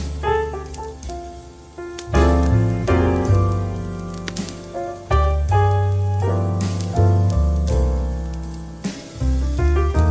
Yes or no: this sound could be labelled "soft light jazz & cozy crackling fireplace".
yes